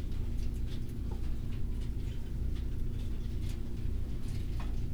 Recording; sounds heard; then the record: poultry house recording; healthy chickens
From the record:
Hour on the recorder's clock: 20